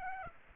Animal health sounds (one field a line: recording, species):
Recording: mosquito wingbeat signal from an infrared sensor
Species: Aedes aegypti